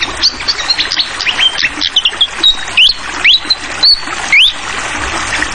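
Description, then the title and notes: Fantail song of quick high chirps and whistled slurs, a few notes sweeping upward in the second half, with the constant patter of running water beneath. Masteran tutor song for training songbirds: clear-voiced bird with the sound of trickling water. "Masteran Sikatan Kipas Suara Jernih Dan Suara Gemericik Air. Suara Burung Sikatan Londo"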